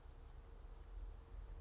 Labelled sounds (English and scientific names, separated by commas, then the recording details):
California Towhee (Melozone crissalis)
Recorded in Sonoma County, California